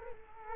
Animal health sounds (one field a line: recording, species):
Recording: mosquito wingbeat signal from an infrared sensor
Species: Culex quinquefasciatus